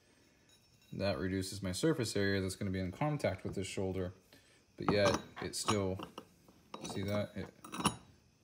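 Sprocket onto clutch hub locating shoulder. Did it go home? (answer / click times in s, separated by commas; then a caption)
yes / 7.8 s, 7.9 s. A machined metal sprocket is fitted onto the locating shoulder of a go-kart clutch hub while someone talks. Two sharp clicks at 7.8 s and 7.9 s mark the sprocket snapping into place exactly, seated with a fit the maker is pleased with.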